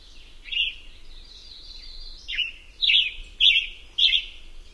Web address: Songs of Birds of North America Know Your Bird Sounds Common Western Species. Western Tanager